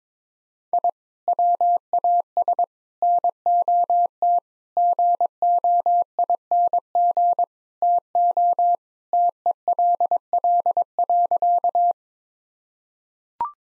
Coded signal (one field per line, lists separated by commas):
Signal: Morse code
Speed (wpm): 22 wpm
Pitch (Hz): 700 Hz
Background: none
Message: I WAS NOT GOING TO TELL.